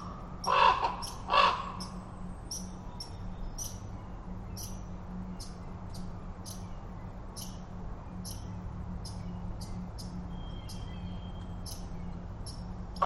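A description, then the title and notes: A raven overhead gives two loud, croaking calls in the first two seconds, then falls quiet. Short, bright ticking and clicking notes repeat every second or so throughout, over a steady low hum in the background. I went to Totem Park this morning around 9:30am. All the sounds a raven made from the branches overhead.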